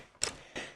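A plastic piece is dropped into the open chest of a Transformers toy robot and pushed in, giving a single sharp click at 0.2 s. A second, softer burst of noise follows around 0.5 s. The piece seats in place.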